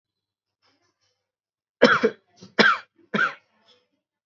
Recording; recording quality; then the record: shallow voluntary cough; excellent, no background noise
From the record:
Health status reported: exposed to COVID-19, no respiratory illness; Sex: male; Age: 22 years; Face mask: not worn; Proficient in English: yes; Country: India